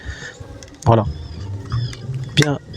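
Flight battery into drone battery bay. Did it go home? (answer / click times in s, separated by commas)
no / none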